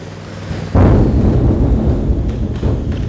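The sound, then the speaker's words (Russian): Icebergs colliding: a sudden heavy crash bursts in and becomes a deep, roaring rumble, with a few sharper cracks breaking through near the end. No voices are heard. “Это сталкиваются ледяные горы.”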